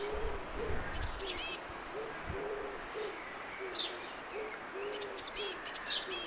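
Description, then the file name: Eurasian blue tit calls, two clusters of high, thin, rapidly repeated notes, with soft lower chirps from other birds in between. "Cyanistes caeruleus"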